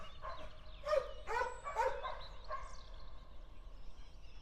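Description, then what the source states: Dog barks, a few sharp yelps in quick succession then quieter, over a steady low rumble. Dogs recorded together with a car.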